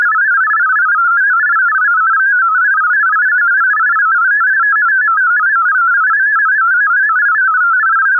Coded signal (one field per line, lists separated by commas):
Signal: multi-tone FSK (Olivia or MFSK type)